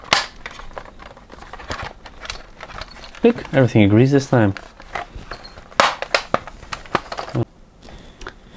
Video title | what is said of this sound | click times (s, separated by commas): Dreame T20 Smart Brush Repair Walkthrough/Guide | as you can see everything snaps back into place | 5.8 s, 6.2 s, 6.3 s